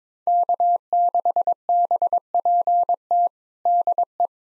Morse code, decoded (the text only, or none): K6BPT DE